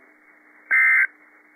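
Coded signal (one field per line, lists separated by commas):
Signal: Emergency Alert System (SAME) tones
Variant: end-of-message bursts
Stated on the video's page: Tornado warning issued by the National Weather Service in Tulsa for Oklahoma counties.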